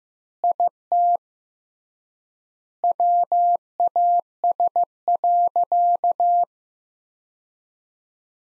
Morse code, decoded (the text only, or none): IT WAS.